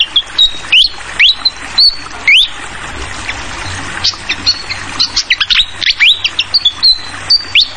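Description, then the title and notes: Fantail song: clear whistles that sweep upward and hold level, mixed with quick high chips over a steady hiss of trickling water. Masteran for tutoring songbirds: clear calls mixed with trickling water sounds; bird also called Sikatan Londo. "Masteran Sikatan Kipas Suara Jernih Dan Suara Gemericik Air. Suara Burung Sikatan Londo"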